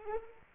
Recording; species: mosquito wingbeat signal from an infrared sensor; Anopheles arabiensis